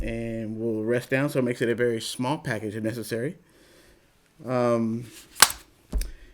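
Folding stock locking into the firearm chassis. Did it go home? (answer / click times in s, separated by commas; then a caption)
yes / 5.4 s. A spring-loaded folding stock/buffer tube on a firearm chassis is swung out and snaps into its locked position with a sharp metallic click at 5.4 s, followed by two faint ticks just before 6.0 s. Someone talks before the click, and the stock ends up extended and locked into place.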